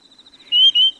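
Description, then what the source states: Grey-tailed tattler call: two quick, clear whistled notes in a tight pair, over a faint high tone. Chiba Prefecture, Japan.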